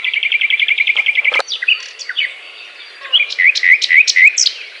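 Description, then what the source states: Nightingale song: a rapid run of repeated high notes, then sharp varied phrases, a brief lull and a series of looping whistled notes repeated about four times a second. Song described as a love serenade.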